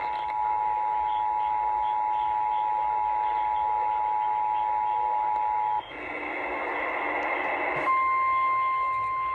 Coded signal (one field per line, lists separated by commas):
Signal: Emergency Alert System (SAME) tones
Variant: 853 and 960 Hz attention tone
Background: speech